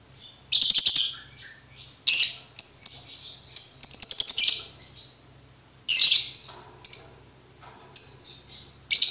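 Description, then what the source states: Lovebird producing rasping trilled bursts mixed with high, piercing chirps, in uneven clusters with brief silences. Training recording for birds to learn ngekek.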